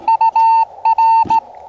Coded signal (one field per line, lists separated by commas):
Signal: Morse code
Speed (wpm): 16 wpm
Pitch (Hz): 900 Hz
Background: radio noise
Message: UR